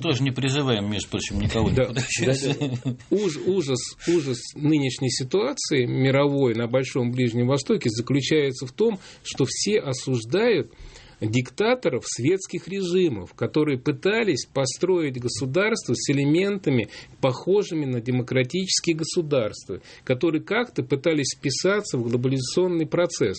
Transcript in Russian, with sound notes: Мы тоже не призываем, между прочим, никого. (смеется)
Да. Ужас нынешней ситуации мировой на большом Ближнем Востоке заключается в том, что все осуждают диктаторов светских режимов, которые пытались построить государство с элементами, похожими на демократические государства, которые как-то пытались вписаться в глобализационный процесс.